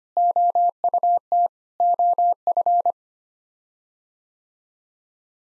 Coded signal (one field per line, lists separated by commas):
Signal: Morse code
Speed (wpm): 25 wpm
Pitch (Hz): 700 Hz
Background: none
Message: OUT OF